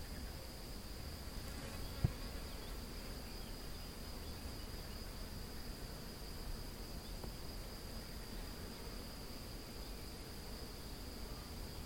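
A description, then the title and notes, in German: A meadow hums with a steady, high insect whine over a low rumble, with a single sharp click near two seconds. Hatte 30 Minuten Zeit und wollte eine Wiese aufnehmen.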